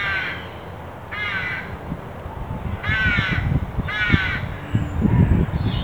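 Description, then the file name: Carrion crow calling with four harsh rasping caws, while low rumbling and knocking sounds build toward the end. "Corvus corone"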